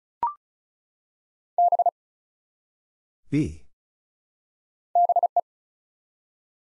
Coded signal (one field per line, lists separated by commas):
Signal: Morse code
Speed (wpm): 36 wpm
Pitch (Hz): 700 Hz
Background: none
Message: B BE